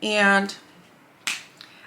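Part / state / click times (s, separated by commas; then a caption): cap onto a makeup stick tube / seated / 1.3 s. Someone talks briefly, then at 1.3 s the cap of a plastic Rare Beauty Warm Wishes cream bronzer stick is pushed on and gives a short, sharp snap as it locks into place. A faint tick follows, and the cap is seated with a small locking feature that keeps it from wiggling.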